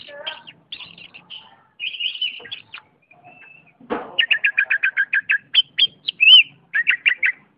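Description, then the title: Oriental magpie-robin song of varied whistled phrases, a brief thud, then a rapid string of many loud repeated notes and a few ringing whistles. "Kicau Kacer"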